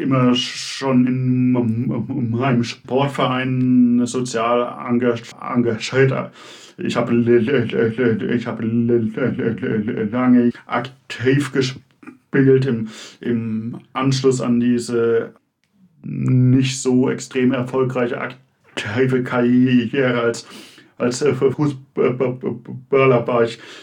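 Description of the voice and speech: A man in his mid-to-late twenties, personally affected by stuttering, speaks German with stuttered speech: he repeats words and phrases and restarts them, stretches sounds and pauses often.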